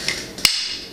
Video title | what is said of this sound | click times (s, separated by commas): Fletching Arrows with a Decut Nexus Fletching Jig | Right, so we just basically unclipped it from the top. That came off. | 0.5 s